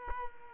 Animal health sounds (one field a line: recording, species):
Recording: mosquito wingbeat signal from an infrared sensor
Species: Culex quinquefasciatus